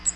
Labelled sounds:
Cape May Warbler (Setophaga tigrina) flight call

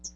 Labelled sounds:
Hooded Warbler (Setophaga citrina) flight call

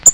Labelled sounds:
Black-throated Green Warbler (Setophaga virens) flight call

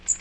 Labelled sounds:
Magnolia Warbler (Setophaga magnolia) flight call

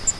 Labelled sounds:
Grace's Warbler (Setophaga graciae) flight call

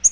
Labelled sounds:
Yellow-rumped Warbler (Setophaga coronata) flight call

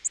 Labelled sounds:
Orange-crowned Warbler (Leiothlypis celata) flight call

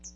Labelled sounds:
Hooded Warbler (Setophaga citrina) flight call

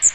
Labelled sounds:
Magnolia Warbler (Setophaga magnolia) flight call

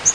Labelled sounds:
Yellow-rumped Warbler (Setophaga coronata) flight call

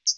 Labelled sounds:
Hooded Warbler (Setophaga citrina) flight call

